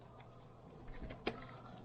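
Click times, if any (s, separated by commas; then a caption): none. A slipper/spur gear assembly on a Slash 4x4 RC truck differential is lined up straight and slid back together into the transmission housing, with faint handling rustle and one brief sharp tap at about 1.3 s. Nothing has seated or clicked into place yet.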